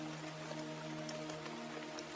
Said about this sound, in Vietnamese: Đoạn hắn nhanh chân chạy đi, vì bây giờ trời mưa cũng đang dần nặng hạt.